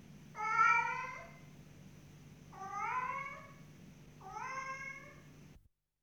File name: gatti cats